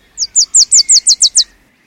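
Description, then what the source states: Wilson's Warbler song: a rapid series of about eight high, sharp downslurred chips, evenly spaced, lasting just over a second. Migrant songbird; migrates south from Canada through the U.S. to Belize; winters in shade-grown coffee under tall trees, returning to the same winter quarters yearly; by day keeps to dense streamside thickets.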